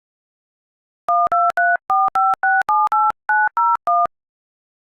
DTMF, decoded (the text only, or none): 12345678901